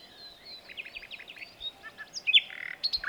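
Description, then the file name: Common nightingale singing quietly at first with scattered chirps and slurred notes, then louder sharp whistles and a short buzzy note near the end. "Luscinia megarhynchos"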